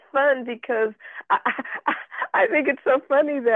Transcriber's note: laughs